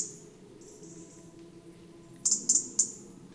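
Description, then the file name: European robin: after a quiet stretch, three or four crisp, high ticking clicks come in quick succession near the end. "Erithacus rubecula"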